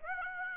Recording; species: mosquito wingbeat signal from an infrared sensor; Aedes aegypti